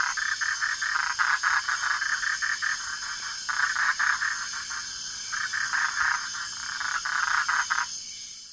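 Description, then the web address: Bufo typhonius: toad calling in quick pulsed trills, several bursts in a row with short breaks, a steady high buzzing above. Ecuadorian Amazon. "Frogs of Ecuadorian Amazon Bufo typhonius"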